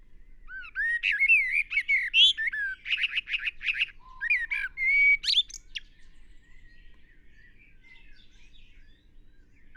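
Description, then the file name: Common blackbird song: a warbled run of fluted whistles, then a quick series of rapid chattering notes, a low whistle and a high squeaky ending, followed by quiet. "Turdus merula"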